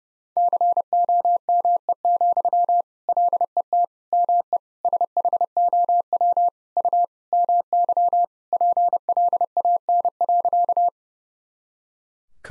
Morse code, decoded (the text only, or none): COME, LET ME SHOW U MY PLAN.